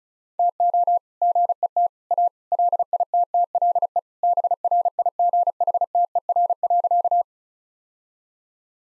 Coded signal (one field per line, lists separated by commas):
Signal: Morse code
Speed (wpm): 34 wpm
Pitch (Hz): 700 Hz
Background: none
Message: TO GET A LITTLE BRIGHTER.